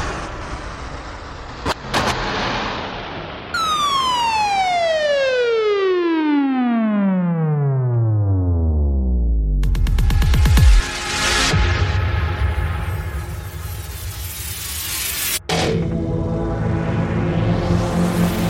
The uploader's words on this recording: Club Impacts - EDM Demo. Impact sound effects.